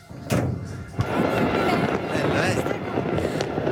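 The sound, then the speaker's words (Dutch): Fireworks bang sharply over Naples, Italy, as the city celebrates the final second of a match, two loud cracks followed by a constant dense roar of crackling and cheering voices that continues without a break. “En deze hele stad vult zich met vuurwerk.”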